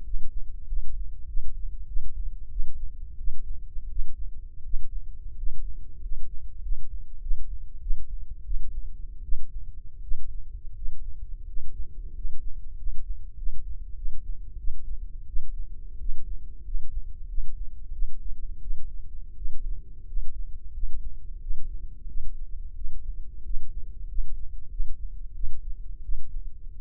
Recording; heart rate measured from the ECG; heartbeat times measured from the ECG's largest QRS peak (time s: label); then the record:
heart sounds by microphone in the left ear; 90 bpm
0.01 s: heartbeat
0.64 s: heartbeat
1.25 s: heartbeat
1.85 s: heartbeat
2.48 s: heartbeat
3.16 s: heartbeat
3.87 s: heartbeat
4.62 s: heartbeat
5.34 s: heartbeat
5.99 s: heartbeat
6.59 s: heartbeat
7.18 s: heartbeat
7.78 s: heartbeat
8.42 s: heartbeat
9.21 s: heartbeat
10.00 s: heartbeat
10.73 s: heartbeat
11.44 s: heartbeat
12.11 s: heartbeat
12.74 s: heartbeat
13.34 s: heartbeat
13.93 s: heartbeat
14.55 s: heartbeat
15.25 s: heartbeat
15.96 s: heartbeat
16.62 s: heartbeat
17.25 s: heartbeat
17.90 s: heartbeat
18.59 s: heartbeat
19.34 s: heartbeat
20.04 s: heartbeat
20.71 s: heartbeat
21.38 s: heartbeat
22.05 s: heartbeat
22.73 s: heartbeat
23.41 s: heartbeat
24.05 s: heartbeat
24.68 s: heartbeat
25.32 s: heartbeat
26.00 s: heartbeat
26.72 s: heartbeat
From the record:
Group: healthy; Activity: rest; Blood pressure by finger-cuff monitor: 123/89 mmHg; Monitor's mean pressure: 99 mmHg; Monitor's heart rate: 89 bpm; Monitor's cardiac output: 6.4 L/min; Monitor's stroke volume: 71 mL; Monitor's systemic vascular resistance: 1160 dyn s/cm5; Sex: male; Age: 21 years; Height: 180 cm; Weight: 67.5 kg